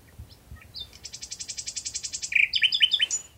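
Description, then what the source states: Common Nightingale song: a few soft notes, then a long, even rattle of rapidly repeated notes, closing with louder, varied chirps. Same nightingale in Wageningen, Netherlands, recorded at 1:51 am on 11 June 1999; after an unusually long breathing pause it moves on to its next strophes.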